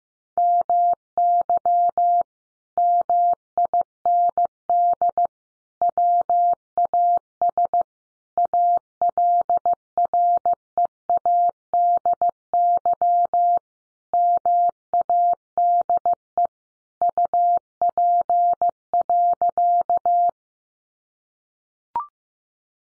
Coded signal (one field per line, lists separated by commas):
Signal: Morse code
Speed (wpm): 15 wpm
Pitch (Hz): 700 Hz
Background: none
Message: MY MIND WAS ALREADY MADE UP.